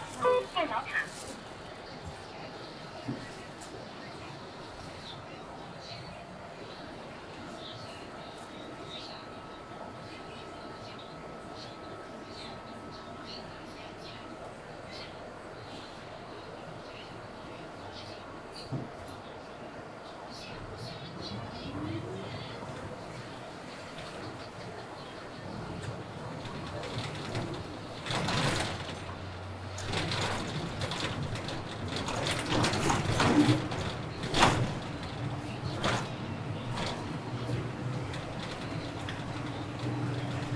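An outbound bus on a rainy day rumbles steadily under a faint murmur, growing louder after twenty seconds with sharp bursts around 28 and 33 seconds.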